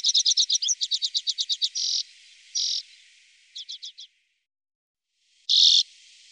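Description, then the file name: Common redpoll with a fast, stuttering chatter of chips, two wheezy buzzes, a short burst of chips, then one loud rasping buzz. "Grasiska"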